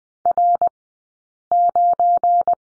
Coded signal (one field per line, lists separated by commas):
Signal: Morse code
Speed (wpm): 20 wpm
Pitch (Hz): 700 Hz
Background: none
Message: R9